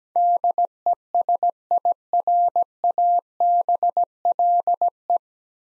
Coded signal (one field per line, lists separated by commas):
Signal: Morse code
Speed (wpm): 17 wpm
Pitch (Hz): 700 Hz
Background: none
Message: DESIRABLE